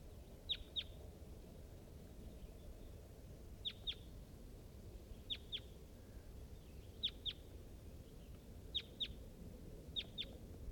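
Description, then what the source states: Crossbill calls, sharp chip notes in doublets repeated every few seconds over steady low background rumble. Wild crossbill recorded close by near a net site on a hilltop, shortly after 9:35 a.m.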